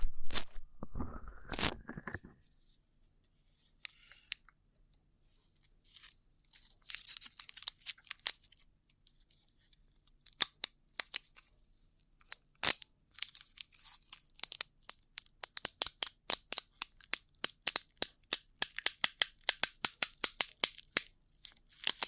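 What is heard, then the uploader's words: Rough ear cleaning: after a loud rubbing burst at the start, crisp scratchy clicks and rustles build into a dense, rapid crackling. ASMR Rough Ear Cleaning (No Talking).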